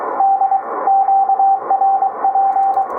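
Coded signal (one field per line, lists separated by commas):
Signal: Morse code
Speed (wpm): 24 wpm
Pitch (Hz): 780 Hz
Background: radio noise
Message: D QRP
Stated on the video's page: 40m amateur CW QSO via a 6-foot-high end-fed half-wave with 81:1 unun, 10 W rising to 100 W, weak signals around 579-589.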